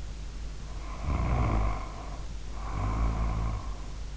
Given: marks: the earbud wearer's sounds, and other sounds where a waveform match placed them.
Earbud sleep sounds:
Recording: sounds in sleep by an in-ear microphone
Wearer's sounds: snoring breath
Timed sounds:
0.68-4.07 s: snoring breath

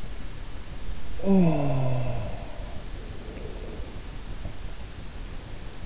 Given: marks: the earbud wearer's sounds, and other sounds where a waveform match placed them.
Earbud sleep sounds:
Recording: sounds in sleep by an in-ear microphone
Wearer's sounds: breath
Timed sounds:
1.04-4.19 s: sound from someone else or the room
2.71-4.19 s: breath

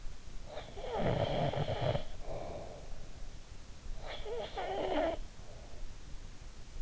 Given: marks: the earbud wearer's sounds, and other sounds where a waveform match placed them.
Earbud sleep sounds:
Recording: sounds in sleep by an in-ear microphone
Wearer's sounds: snoring breath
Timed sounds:
0.37-3.16 s: snoring breath
3.42-6.15 s: snoring breath

